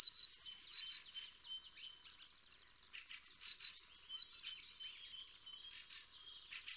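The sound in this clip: Eurasian blue tit song of high, sharp note pairs that drop in pitch, delivered in quick strings separated by pauses, with faint softer bird notes in the background.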